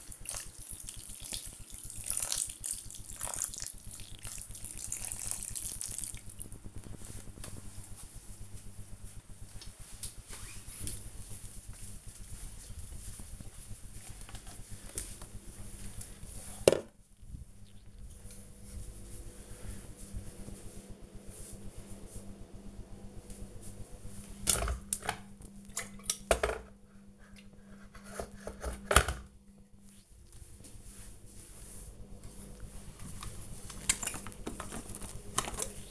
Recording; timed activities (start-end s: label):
household activities, microphone on the right wrist
0.00-6.40 s: watering plant
31.53-35.90 s: drinking